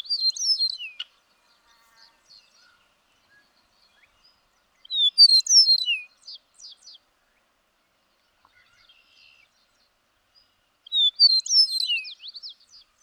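Bird song in three short bursts of high, twittering and sliding notes, each about a second long, separated by roughly four to five seconds of quiet.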